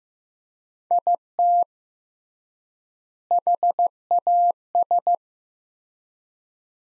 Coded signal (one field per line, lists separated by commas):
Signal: Morse code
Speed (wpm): 15 wpm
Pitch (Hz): 700 Hz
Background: none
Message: IT HAS